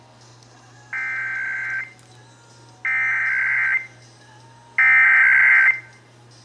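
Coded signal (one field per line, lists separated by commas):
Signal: Emergency Alert System (SAME) tones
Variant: header bursts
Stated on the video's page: Texas Required Monthly Test EAS tones as aired on several Texas radio and TV stations.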